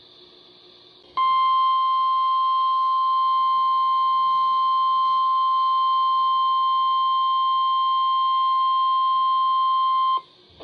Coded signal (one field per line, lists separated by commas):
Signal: Emergency Alert System (SAME) tones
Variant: 1050 Hz attention tone